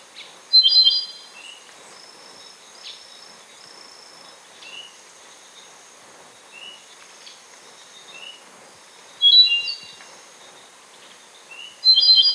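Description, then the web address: Andean solitaire song: a high, ringing phrase, then soft scattered whistled notes and a long lull, with two more bright phrases near the end. Ecuador. "Birds of Ecuador. Andean Solitaire"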